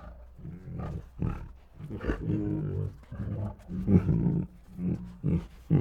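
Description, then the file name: Tigers growling and moaning, low grumbling rumbles in overlapping bursts, some short and some drawn out over a second, with brief quieter gaps between. Two tigers making grumbly growls and moans. "Two Tigers Make Grumbly Growls and Moans [Sound Ideas]"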